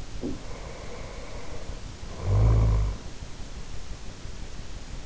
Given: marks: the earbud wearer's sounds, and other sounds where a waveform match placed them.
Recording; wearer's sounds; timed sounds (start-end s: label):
sounds in sleep by an in-ear microphone; snoring breath
0.00-3.14 s: sound from someone else or the room
0.46-3.14 s: snoring breath